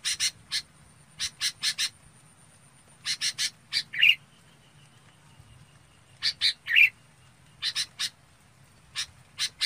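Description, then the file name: Red-whiskered bulbul gives groups of harsh, raspy chip notes, with two brief whistled notes among them and a faint low hum underneath. Calling the flock. "Tieng chao mao bong goi bay"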